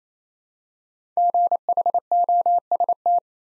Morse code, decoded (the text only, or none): GHOST